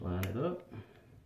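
A Miata (1990–97) ignition switch component is lined up with the switch housing during reassembly while someone talks. Only handling is heard, and nothing has seated or clicked into place yet.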